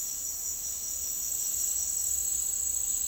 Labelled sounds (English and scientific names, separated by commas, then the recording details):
none
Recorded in dense forest near Puerto Asís, Putumayo, Colombia, on 21 March 2025 at 10:30
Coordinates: 0.499, -76.324
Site GP03